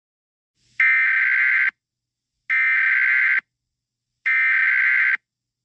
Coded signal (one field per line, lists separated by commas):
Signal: Emergency Alert System (SAME) tones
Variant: header bursts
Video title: EAS SCENARIO 22: Wenda's Revenge 2